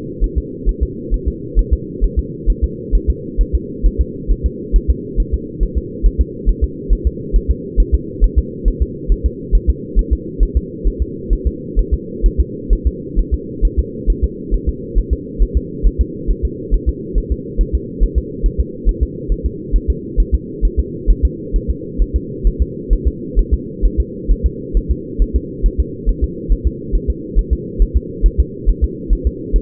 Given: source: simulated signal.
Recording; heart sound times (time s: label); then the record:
fetal heart sounds
0.24 s: S1
0.38 s: S2
0.69 s: S1
0.83 s: S2
1.14 s: S1
1.28 s: S2
1.59 s: S1
1.73 s: S2
2.04 s: S1
2.19 s: S2
2.50 s: S1
2.64 s: S2
2.95 s: S1
3.10 s: S2
3.41 s: S1
3.55 s: S2
3.86 s: S1
4.01 s: S2
4.31 s: S1
4.46 s: S2
4.76 s: S1
4.90 s: S2
5.20 s: S1
5.34 s: S2
5.63 s: S1
5.78 s: S2
6.06 s: S1
6.21 s: S2
6.49 s: S1
6.64 s: S2
6.93 s: S1
7.07 s: S2
7.36 s: S1
7.51 s: S2
7.80 s: S1
7.94 s: S2
8.24 s: S1
8.38 s: S2
8.68 s: S1
8.82 s: S2
9.12 s: S1
9.26 s: S2
9.55 s: S1
9.70 s: S2
9.99 s: S1
10.13 s: S2
10.43 s: S1
10.57 s: S2
10.88 s: S1
11.02 s: S2
11.33 s: S1
11.47 s: S2
11.79 s: S1
11.94 s: S2
12.26 s: S1
12.40 s: S2
12.73 s: S1
12.87 s: S2
13.19 s: S1
13.34 s: S2
13.65 s: S1
13.79 s: S2
14.10 s: S1
14.24 s: S2
14.54 s: S1
14.69 s: S2
14.98 s: S1
15.13 s: S2
15.42 s: S1
15.57 s: S2
15.87 s: S1
16.01 s: S2
16.31 s: S1
16.45 s: S2
16.74 s: S1
16.89 s: S2
17.18 s: S1
17.32 s: S2
17.61 s: S1
17.75 s: S2
18.03 s: S1
18.18 s: S2
18.46 s: S1
18.60 s: S2
18.89 s: S1
19.03 s: S2
19.32 s: S1
19.46 s: S2
19.76 s: S1
19.90 s: S2
20.20 s: S1
20.34 s: S2
20.65 s: S1
20.80 s: S2
21.11 s: S1
21.25 s: S2
21.56 s: S1
21.70 s: S2
22.02 s: S1
22.16 s: S2
22.47 s: S1
22.62 s: S2
22.93 s: S1
23.08 s: S2
23.39 s: S1
23.53 s: S2
23.85 s: S1
24.00 s: S2
24.31 s: S1
24.46 s: S2
24.77 s: S1
24.91 s: S2
25.22 s: S1
25.36 s: S2
25.66 s: S1
25.80 s: S2
26.09 s: S1
26.24 s: S2
26.52 s: S1
26.67 s: S2
26.95 s: S1
27.10 s: S2
27.39 s: S1
27.53 s: S2
27.82 s: S1
27.97 s: S2
28.26 s: S1
28.40 s: S2
28.69 s: S1
28.84 s: S2
29.13 s: S1
29.27 s: S2
29.56 s: S1
From the record:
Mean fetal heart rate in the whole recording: 135 bpm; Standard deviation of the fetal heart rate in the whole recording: 3 bpm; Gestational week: 36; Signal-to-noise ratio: -4.1 dB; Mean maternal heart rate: no maternal heart sound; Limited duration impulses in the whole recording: absent